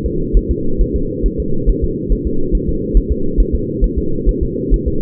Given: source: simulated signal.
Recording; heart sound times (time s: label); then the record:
fetal heart sounds
0.06 s: S2
0.37 s: S1
0.51 s: S2
0.81 s: S1
0.96 s: S2
1.26 s: S1
1.40 s: S2
1.69 s: S1
1.84 s: S2
2.12 s: S1
2.27 s: S2
2.55 s: S1
2.69 s: S2
2.97 s: S1
3.12 s: S2
3.40 s: S1
3.55 s: S2
3.84 s: S1
3.98 s: S2
4.29 s: S1
4.43 s: S2
4.74 s: S1
4.88 s: S2
From the record:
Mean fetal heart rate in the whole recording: 135 bpm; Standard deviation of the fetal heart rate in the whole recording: 3 bpm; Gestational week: 36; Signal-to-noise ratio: -8.1 dB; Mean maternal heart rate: 72 bpm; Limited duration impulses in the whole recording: absent